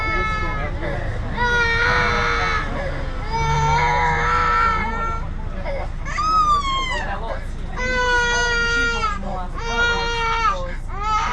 Crying baby on the bloody bus.